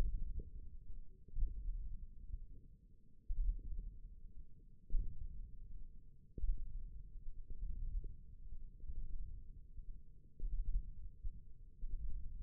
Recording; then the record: forearm muscle sounds (acoustic myography)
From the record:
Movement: radial deviation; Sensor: system 1, eight BSWA MPA416 microphones around the upper forearm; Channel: 1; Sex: female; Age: 21 years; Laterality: right